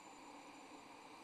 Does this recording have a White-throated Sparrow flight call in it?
no